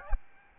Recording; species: mosquito wingbeat signal from an infrared sensor; Aedes albopictus